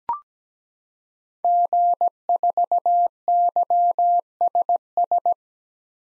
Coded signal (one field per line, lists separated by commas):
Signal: Morse code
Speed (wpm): 17 wpm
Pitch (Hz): 700 Hz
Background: none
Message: G4YSS